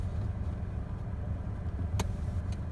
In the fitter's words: should hear a clicking sound now